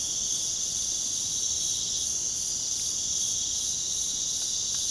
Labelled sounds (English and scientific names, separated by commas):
none